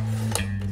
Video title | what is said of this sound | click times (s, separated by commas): Can the Ninja NeverDull Knife Sharpener Sharpen ANY KNIFE?? | clicks into place and then you | 0.3 s